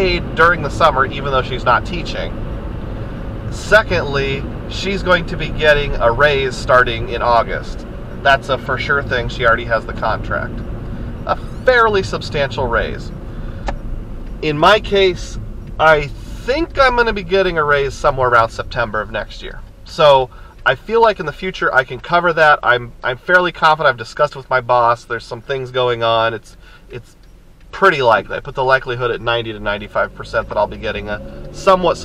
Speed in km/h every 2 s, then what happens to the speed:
81, 81, 79, 72, 69, 68, 56, 42, 27, 13, 5, 0, 0, 0, 0, 11.
4-21 brakes to 0. 21-29 standing. 29-32 pulls away to 11.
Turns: none.